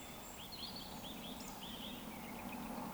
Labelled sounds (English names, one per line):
Eurasian Woodcock